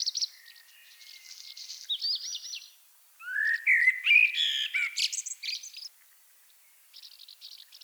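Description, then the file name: Common blackbird singing: soft high twitters, then a strong rising fluty phrase with scratchy high squeaks, and faint twittering after a short pause. "Turdus merula"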